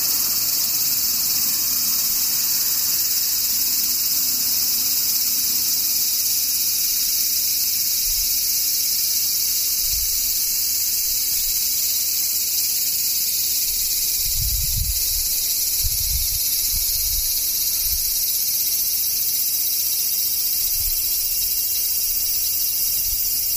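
Cicadas drone in a dense, unbroken chorus, a bright steady hiss that holds level for the whole stretch with no pauses. Underneath, a low rumble comes and goes, swelling in short bursts around fifteen to seventeen seconds and again near twenty-two.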